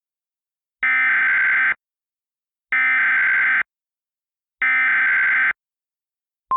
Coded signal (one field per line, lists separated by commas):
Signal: Emergency Alert System (SAME) tones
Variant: header bursts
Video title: "ATTACK OF THE KILLER INFLATABLES" [HALLOWEEN EAS SCENARIO]